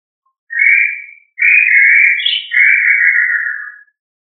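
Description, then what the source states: Quail whistling three drawn-out notes in a row, the middle one briefly lifting higher before the last slowly slides down; no other sounds. Listed under family Tinamidae; Indonesian name puyuh.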